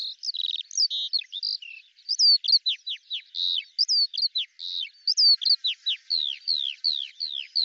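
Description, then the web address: Eurasian skylark singing a fast, varied chatter of high slurred chirps and short trills, with the notes coming in quick bursts. "Deverinetal 2025 Bird Al Ar"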